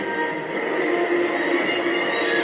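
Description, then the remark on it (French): A train rolls past on the Gotthard railway line through Switzerland in a steady, dense rumble and hiss that stays constant throughout, with a faint ringing tone running through the noise. No one speaks. “Car Berne a accepté que les trains allemands traversent son territoire en empruntant la ligne du Gotthard qui débouche au nord de l'Italie.”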